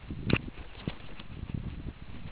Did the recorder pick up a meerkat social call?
no